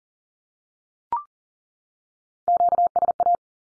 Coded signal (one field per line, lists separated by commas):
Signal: Morse code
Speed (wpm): 40 wpm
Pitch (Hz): 700 Hz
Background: none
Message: QSA